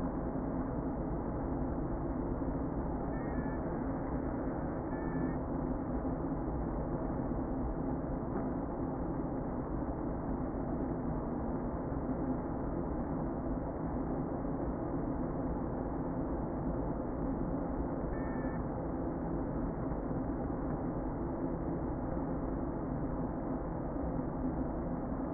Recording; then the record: honeybee colony, microphone inside the hive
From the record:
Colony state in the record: queen present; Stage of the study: before two queens were removed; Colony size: about 60,000 bees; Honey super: yes